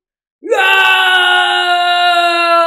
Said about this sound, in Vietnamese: Liễu Minh ngửa mặt lên trời hét ra một tiếng